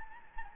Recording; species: mosquito wingbeat signal from an infrared sensor; Anopheles gambiae